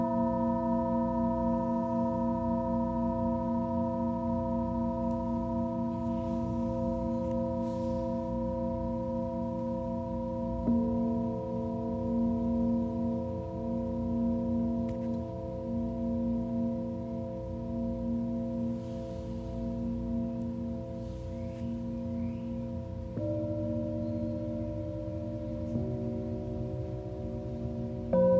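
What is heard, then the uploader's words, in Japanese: Singing bowls ring in long, steady overlapping tones, mixing low hums with several clear, bright pitches above. The layered drone stays even throughout, with the blend of pitches shifting at about 11 and 23 seconds as bowls are struck or rubbed anew. メキシコから シンギングボウルのサウンドヒーリング ライブ。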